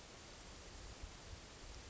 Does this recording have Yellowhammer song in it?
no